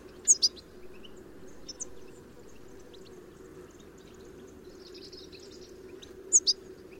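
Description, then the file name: European goldfinch call, quick high paired notes at the start and end, a few faint chirps between, steady low background hum. "Carduelis carduelis"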